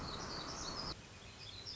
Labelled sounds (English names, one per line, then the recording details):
Black-throated Gray Warbler
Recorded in Sonoma County, California